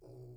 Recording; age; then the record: pig call; weaner (32 to 43 days)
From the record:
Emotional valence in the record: negative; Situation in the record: restrain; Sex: male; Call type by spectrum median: low-frequency call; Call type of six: low-frequency stable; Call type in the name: low-frequency stable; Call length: 0.36 s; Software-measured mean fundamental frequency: 62 Hz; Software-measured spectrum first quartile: 118 Hz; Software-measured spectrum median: 238 Hz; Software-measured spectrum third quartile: 439 Hz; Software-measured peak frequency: 372 Hz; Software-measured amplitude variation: 60 dB a second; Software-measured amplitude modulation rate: 18.0 a second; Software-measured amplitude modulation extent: 3.3 dB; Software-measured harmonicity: -2.6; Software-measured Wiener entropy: 0.86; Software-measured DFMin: 1443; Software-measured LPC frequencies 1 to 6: 379, 2397, 4865, 5509, 6973, 7889 Hz